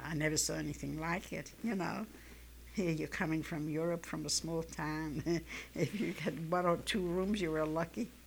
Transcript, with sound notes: Oh, I never saw anything like it, you know. Here you're coming from Europe, from a small town. (she laughs) If you get one or two rooms you were lucky.